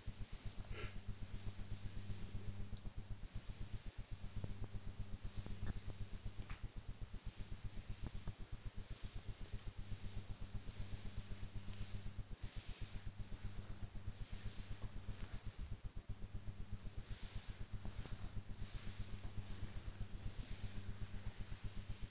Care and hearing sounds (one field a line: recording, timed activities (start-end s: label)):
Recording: household activities, microphone on the right wrist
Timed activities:
0.00-14.32 s: petting the dog
18.33-22.11 s: petting the dog